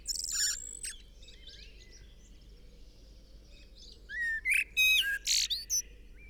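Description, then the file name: Eurasian blackbird song: a short high twitter at the start, quiet stretch, then a rising fluted whistle followed by a string of sharp, squeaky high notes. "Turdus merula"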